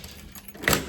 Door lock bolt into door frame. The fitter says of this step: 이렇게 잠그고. 와, 진짜 어렵다.